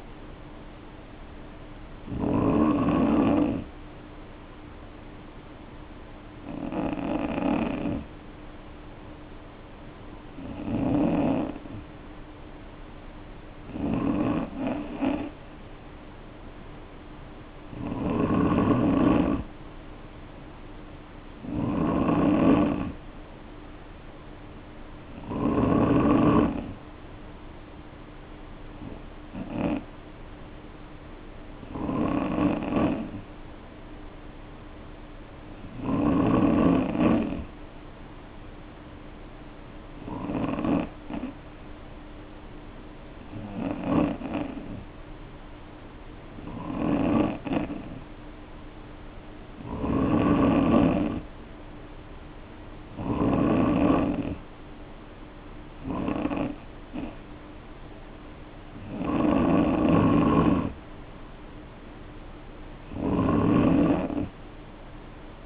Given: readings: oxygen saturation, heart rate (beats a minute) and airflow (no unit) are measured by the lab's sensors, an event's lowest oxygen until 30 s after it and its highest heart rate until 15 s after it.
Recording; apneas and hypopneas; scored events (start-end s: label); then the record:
breathing in sleep by a voice recorder at the bedside; 2
5.00-21.00 s: hypopnea (N2, oxygen 92% highest, then 90% lowest, heart rate 51 at the start, 59 highest)
16.00-46.00 s: new sleep stage, N3 (deep sleep)
41.00-51.90 s: hypopnea (N3, oxygen 93% highest, then 90% lowest, heart rate 53 at the start, 60 highest)
46.00-65.46 s: new sleep stage, N2 (light sleep)
From the record:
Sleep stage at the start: N2 (light sleep); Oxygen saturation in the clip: 90 to 93%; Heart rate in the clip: 51 to 60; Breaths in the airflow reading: 19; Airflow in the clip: -2.5 to 2.6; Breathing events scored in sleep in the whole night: 520 in 7.2 hours asleep